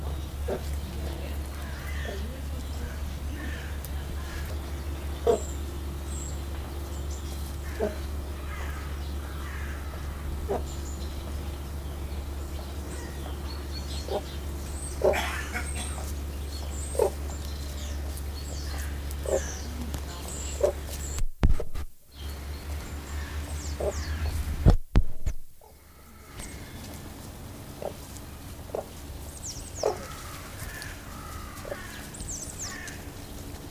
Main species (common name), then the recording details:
Gray Crowned-Crane. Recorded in captivity. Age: adult. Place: Tiergarten Heidelberg, Baden-Württemberg, DE. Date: 2000-09-27 15:22. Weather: bedeckt, 16 - 17°C. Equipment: Nagra SN, Kopie Uher 4000 Report Monitor. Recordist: Tembrock, Günter. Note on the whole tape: Kurzlaute eines Tieres